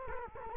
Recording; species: mosquito wingbeat signal from an infrared sensor; Culex quinquefasciatus